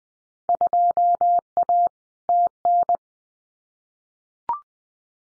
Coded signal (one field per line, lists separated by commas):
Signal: Morse code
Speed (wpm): 20 wpm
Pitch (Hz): 700 Hz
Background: none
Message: 2A TN